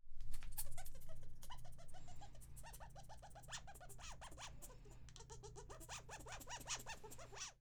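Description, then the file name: Mouse sounds: rapid soft clicks and small arched squeaks, repeated several times a second over a steady low hum. Mouse sniffing. "Olfateo Raton"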